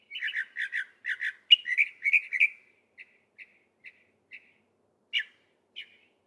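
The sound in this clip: Northern mockingbird song: a series of doubled chirps, then slurred notes, fading into single spaced clicks and short calls.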